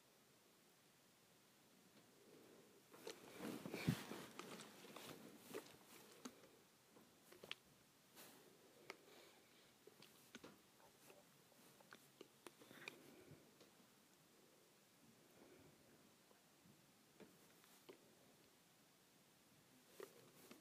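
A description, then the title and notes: A hair spray bottle rattles in quick irregular shakes, loudest around four seconds, then continuing in lighter bursts. ASMR Shaking Hair Spray Bottle.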